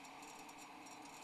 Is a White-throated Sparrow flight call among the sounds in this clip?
no